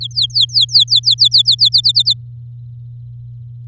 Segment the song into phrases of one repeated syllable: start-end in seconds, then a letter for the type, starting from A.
0.01-1.69 A, 1.72-2.14 B